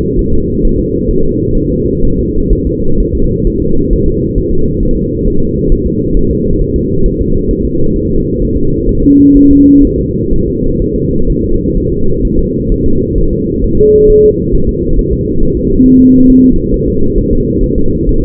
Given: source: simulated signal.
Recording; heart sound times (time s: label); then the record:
fetal heart sounds
0.19 s: S1
0.34 s: S2
0.65 s: S1
0.79 s: S2
1.11 s: S1
1.25 s: S2
1.58 s: S1
1.72 s: S2
2.05 s: S1
2.19 s: S2
2.53 s: S1
2.67 s: S2
3.00 s: S1
3.15 s: S2
3.47 s: S1
3.62 s: S2
3.93 s: S1
4.08 s: S2
4.38 s: S1
4.53 s: S2
4.83 s: S1
4.97 s: S2
5.28 s: S1
5.42 s: S2
5.72 s: S1
5.87 s: S2
6.17 s: S1
6.31 s: S2
6.62 s: S1
6.76 s: S2
7.06 s: S1
7.21 s: S2
7.51 s: S1
7.65 s: S2
7.96 s: S1
8.11 s: S2
8.42 s: S1
8.57 s: S2
8.89 s: S1
9.03 s: S2
9.37 s: S1
9.51 s: S2
9.85 s: S1
9.99 s: S2
10.33 s: S1
10.48 s: S2
10.82 s: S1
10.96 s: S2
11.30 s: S1
11.44 s: S2
11.77 s: S1
11.92 s: S2
12.25 s: S1
12.39 s: S2
12.72 s: S1
12.86 s: S2
13.18 s: S1
13.33 s: S2
13.64 s: S1
13.79 s: S2
14.10 s: S1
14.24 s: S2
14.55 s: S1
14.69 s: S2
14.99 s: S1
15.13 s: S2
15.43 s: S1
15.57 s: S2
15.86 s: S1
16.01 s: S2
16.30 s: S1
16.44 s: S2
16.74 s: S1
16.88 s: S2
17.19 s: S1
17.33 s: S2
17.63 s: S1
17.78 s: S2
18.09 s: S1
18.24 s: S2
From the record:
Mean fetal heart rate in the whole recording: 130 bpm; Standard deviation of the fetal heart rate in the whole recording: 4 bpm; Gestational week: 38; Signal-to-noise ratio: -17.7 dB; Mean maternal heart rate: 72 bpm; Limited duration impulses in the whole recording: present